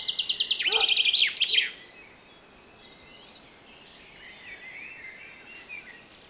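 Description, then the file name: Common chaffinch song ending: a fast run of bright repeated notes over about one and a half seconds, closing with a short flourish, then quiet with a thin high whistle from another bird. "Fringilla coelebs 240824"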